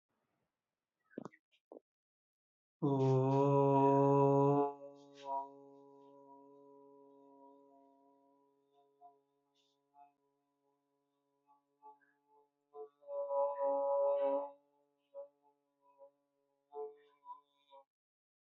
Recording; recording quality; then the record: sustained vowel as in boot; excellent, no background noise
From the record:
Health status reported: healthy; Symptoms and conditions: none ticked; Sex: male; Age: 30 years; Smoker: not ticked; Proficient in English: yes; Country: India